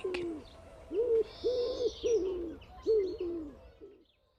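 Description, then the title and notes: Common Wood Pigeon cooing, a short run of low soft hoots in a stuttering rhythm. "Sepelkyyhky. Viikon luontoäänen esitteli Juha Laaksonen"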